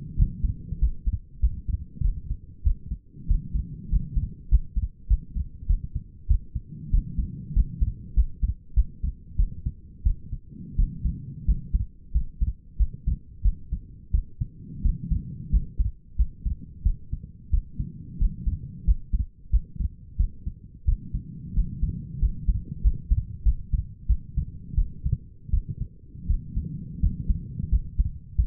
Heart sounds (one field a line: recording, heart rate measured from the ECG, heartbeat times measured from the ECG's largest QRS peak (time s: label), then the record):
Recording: heart sounds by stethoscope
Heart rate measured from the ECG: 92 bpm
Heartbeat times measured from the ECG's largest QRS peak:
0.17 s: heartbeat
0.80 s: heartbeat
1.41 s: heartbeat
2.03 s: heartbeat
2.64 s: heartbeat
3.28 s: heartbeat
3.90 s: heartbeat
4.50 s: heartbeat
5.09 s: heartbeat
5.68 s: heartbeat
6.28 s: heartbeat
6.91 s: heartbeat
7.54 s: heartbeat
8.15 s: heartbeat
8.75 s: heartbeat
9.37 s: heartbeat
10.04 s: heartbeat
10.77 s: heartbeat
11.46 s: heartbeat
12.13 s: heartbeat
12.78 s: heartbeat
13.43 s: heartbeat
14.12 s: heartbeat
14.83 s: heartbeat
15.51 s: heartbeat
16.17 s: heartbeat
16.84 s: heartbeat
17.51 s: heartbeat
18.19 s: heartbeat
18.85 s: heartbeat
19.51 s: heartbeat
20.18 s: heartbeat
20.86 s: heartbeat
21.55 s: heartbeat
22.20 s: heartbeat
22.83 s: heartbeat
23.44 s: heartbeat
24.08 s: heartbeat
24.76 s: heartbeat
25.51 s: heartbeat
26.27 s: heartbeat
27.01 s: heartbeat
27.70 s: heartbeat
28.36 s: heartbeat
From the record:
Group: healthy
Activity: rest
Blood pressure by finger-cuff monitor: 124/76 mmHg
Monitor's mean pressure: 92 mmHg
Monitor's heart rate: 91 bpm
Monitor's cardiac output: 7.1 L/min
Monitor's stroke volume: 77 mL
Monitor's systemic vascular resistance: 980 dyn s/cm5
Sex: female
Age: 37 years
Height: 168 cm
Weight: 70 kg